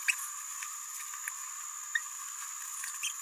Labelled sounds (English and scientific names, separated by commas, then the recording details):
Green-rumped Parrotlet (Forpus passerinus) babbling
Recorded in a nest box in Venezuela
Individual 18B17A4